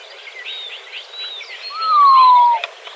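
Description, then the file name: Montezuma quail giving a single loud descending whistle of under a second, falling gently in pitch, over a busy background of other small birds chirping and twittering. Recorded in Arizona on 17 May 2004. "MONTEQUAIL 051704"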